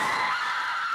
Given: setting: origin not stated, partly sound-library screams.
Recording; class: one-second piece from a danger detection set; woman in danger